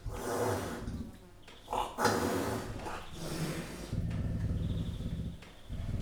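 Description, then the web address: Leopard snorting: breathy, low puffs and rumbles in irregular bursts, with a louder snort-like exhalation near the two-second mark. Captive leopards snorting, in a zoo in Jászberény, Hungary, 2015. "jaszberenyizoo 2015 professzionalis leopard"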